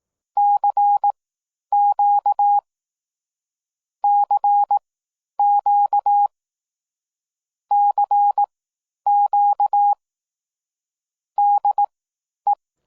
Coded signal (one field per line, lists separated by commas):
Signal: Morse code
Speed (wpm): 18 wpm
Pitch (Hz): 820 Hz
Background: none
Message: CQ CQ CQ DE